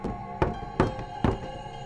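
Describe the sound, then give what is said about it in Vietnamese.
Three dull, evenly spaced knocks on a door, each a short solid thud about half a second apart, over a faint steady humming background with no voices. “Cô ngủ không sâu, dường như chỉ chợp mắt một lúc, cô đã lại tỉnh bởi tiếng gõ cửa vang lên.”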